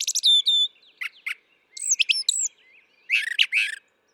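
Brown thrasher singing a string of different phrases, whistled slurs, chips and a rough burst, several of them given twice before the next phrase.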